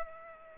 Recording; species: mosquito wingbeat signal from an infrared sensor; Culex pipiens